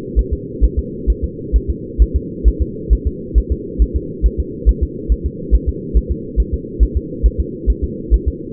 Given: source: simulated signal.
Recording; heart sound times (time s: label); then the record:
fetal heart sounds
0.19 s: S1
0.33 s: S2
0.64 s: S1
0.79 s: S2
1.10 s: S1
1.24 s: S2
1.56 s: S1
1.70 s: S2
2.02 s: S1
2.16 s: S2
2.48 s: S1
2.62 s: S2
2.93 s: S1
3.07 s: S2
3.38 s: S1
3.52 s: S2
3.82 s: S1
3.96 s: S2
4.26 s: S1
4.40 s: S2
4.69 s: S1
4.83 s: S2
5.12 s: S1
5.26 s: S2
5.55 s: S1
5.69 s: S2
5.97 s: S1
6.11 s: S2
6.40 s: S1
6.54 s: S2
6.83 s: S1
6.97 s: S2
7.26 s: S1
7.40 s: S2
7.70 s: S1
7.84 s: S2
8.14 s: S1
8.28 s: S2
From the record:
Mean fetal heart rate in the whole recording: 135 bpm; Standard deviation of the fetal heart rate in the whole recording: 3 bpm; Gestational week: 34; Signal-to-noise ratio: -4.1 dB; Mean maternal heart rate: no maternal heart sound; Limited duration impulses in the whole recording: absent